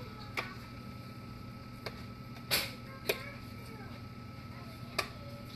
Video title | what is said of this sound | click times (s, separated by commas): Rice krispies in the snack bar maker as well as fruit Lumpia | all right there you go it's all clicked into place it's super easy and I love this | 5.0 s